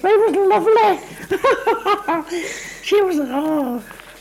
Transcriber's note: laughs